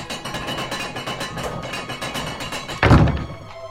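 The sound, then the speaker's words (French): A castle drawbridge is lowered by the guards with a steady rattling clatter of chains, ending in one loud, heavy thud as it lands, followed by a fading rumble. No one speaks. “Après de longues minutes d'hésitation, ils finissent par baisser le pont-levis.”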